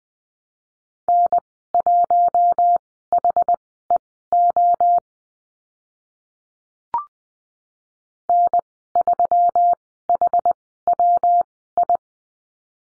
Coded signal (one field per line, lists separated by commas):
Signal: Morse code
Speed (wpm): 20 wpm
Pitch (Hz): 700 Hz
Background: none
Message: N1HEO N3HWI